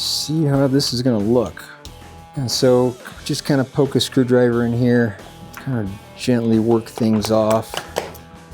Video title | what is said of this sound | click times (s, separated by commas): 3D Printing a Sculptural Oval Path Light (Yes, It’s Concrete!) | Oh, I heard it pop. | 8.0 s